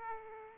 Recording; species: mosquito wingbeat signal from an infrared sensor; Aedes aegypti